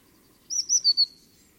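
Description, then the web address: Eurasian blue tit call: a short burst of about four high, thin, slurred notes, the last ones falling a little, with near silence around. "cianscape birddata Deverinetal 2025 File origin Bird Only Cy Ca"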